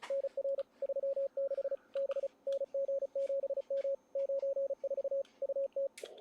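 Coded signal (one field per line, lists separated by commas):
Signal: Morse code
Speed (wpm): 33 wpm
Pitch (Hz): 560 Hz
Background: radio noise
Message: NR 36 B NG7M 94 UT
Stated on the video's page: ARRL Sweepstakes CW contest operating from Utah, calling CQ and running stations, copied by ear.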